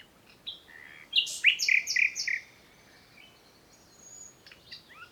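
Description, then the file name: Common nightingale song: a loud phrase of rapidly repeated slurred notes lasting about a second, followed by quieter scattered chips and whistles. "Luscinia megarhynchos"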